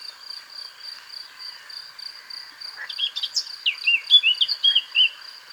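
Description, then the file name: Eurasian blackcap bursting into a short chattering then fluty warbled phrase after a few quiet seconds, against a constant shrill insect drone. "Sylvia atricapilla"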